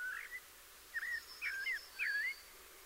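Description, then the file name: Eurasian blackbird song, short fluty warbled notes that rise and fall, several phrases close together. "Turdus merula"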